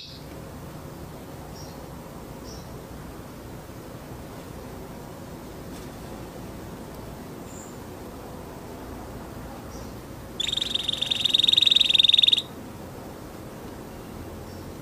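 An orange canary stays mostly quiet, with only a few faint, short chirps in the first eight seconds. Around ten seconds it bursts into a loud, bright, fast trill lasting about two seconds, then stops. A steady low hiss and hum continue underneath throughout.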